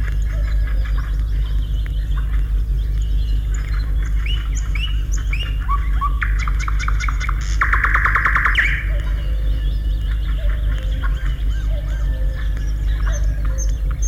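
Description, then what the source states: Nightingale singing a series of upslurred whistles that break into a dense, rapid rattling trill, then quieter scattered notes, over steady low background noise. Forest; sings from nearby bushes after sunrise, once the noisy dawn chorus of many birds has partly quietened.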